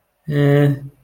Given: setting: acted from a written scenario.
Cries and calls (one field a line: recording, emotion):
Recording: vocal sound without words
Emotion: neutral